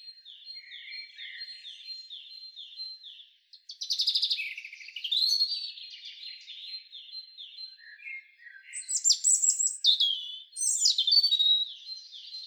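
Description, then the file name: European robin song: rows of repeated thin descending notes, a louder wavering warble, then high rapid trills and whistles. "Erithacus rubecula"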